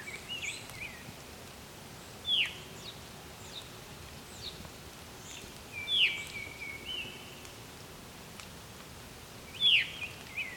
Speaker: I don't think I've ever recorded a veery this close before.